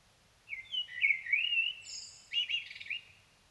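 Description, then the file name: Common blackbird song, a rich whistled warbling phrase, a sharp high squeak, then a scratchier twittering phrase. "Turdus merula"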